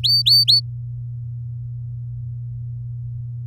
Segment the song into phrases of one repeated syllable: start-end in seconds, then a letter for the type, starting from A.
0.03-0.60 A